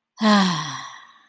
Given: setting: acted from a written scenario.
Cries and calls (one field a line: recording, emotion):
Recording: vocal sound without words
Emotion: contentment